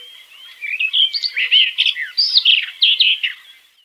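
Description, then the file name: Barred warbler song: a fast, scratchy, chattering warble of short jumbled notes running on for about three seconds. "slavka jastrebinaja"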